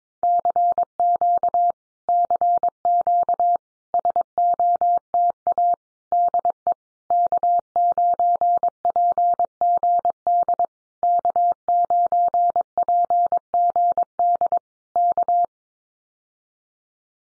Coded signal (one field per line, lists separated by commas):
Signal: Morse code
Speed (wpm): 22 wpm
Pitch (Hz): 700 Hz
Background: none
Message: CQ CQ SOTA DE K9PGD K9PGD K